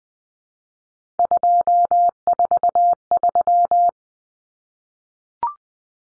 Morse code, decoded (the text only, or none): 243